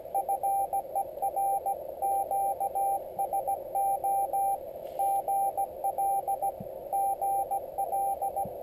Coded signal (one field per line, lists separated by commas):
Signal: Morse code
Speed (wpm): 16 wpm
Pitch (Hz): 790 Hz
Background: radio noise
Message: FER QSO GL GL